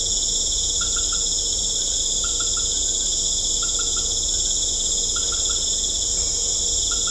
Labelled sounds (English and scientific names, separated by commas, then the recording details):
none
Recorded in secondary vegetation near Puerto Asís, Putumayo, Colombia, on 18 December 2024 at 19:00
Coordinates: 0.500, -76.326
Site G065